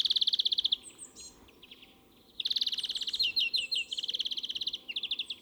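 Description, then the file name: European greenfinch song of loud, rapid, buzzy trills, a quieter twittering pause, then a long run of fast trills and chirping notes to the end. "Chloris chloris"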